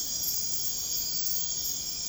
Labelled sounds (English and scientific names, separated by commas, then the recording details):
none
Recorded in pastures near Puerto Asís, Putumayo, Colombia, on 13 March 2025 at 02:00
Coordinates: 0.502, -76.324
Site GP07